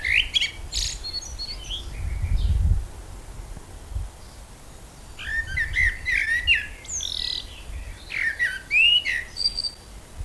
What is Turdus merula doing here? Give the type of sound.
song